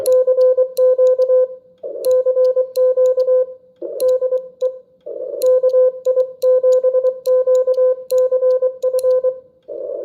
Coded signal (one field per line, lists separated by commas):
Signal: Morse code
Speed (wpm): 22 wpm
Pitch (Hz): 500 Hz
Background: none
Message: CQ CQ DE KI7QCF